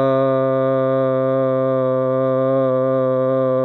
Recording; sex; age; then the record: sustained vowel /a/; male; 30 to 39 years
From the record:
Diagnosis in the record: healthy control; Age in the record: 31 years